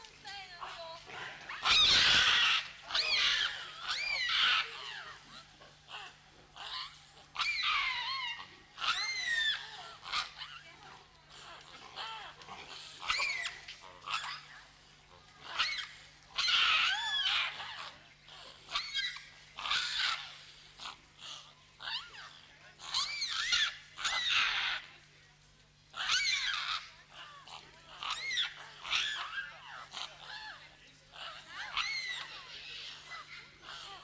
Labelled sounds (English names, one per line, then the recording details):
Hamadryas Baboon
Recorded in captivity
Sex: diverse
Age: diverse
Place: Zoo Augsburg, Bayern, DE
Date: 1993-09-04 12:18
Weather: 14 °C, bedeckt
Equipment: Marantz CP 430, Sennheiser MKH 416 T, Kopie Uher Variocord 263
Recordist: Tembrock, Günter